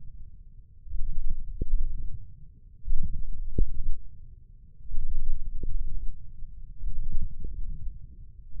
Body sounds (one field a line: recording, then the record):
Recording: forearm muscle sounds (acoustic myography)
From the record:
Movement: wrist extension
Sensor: system 1, eight BSWA MPA416 microphones around the upper forearm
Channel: 8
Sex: male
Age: 20 years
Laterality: left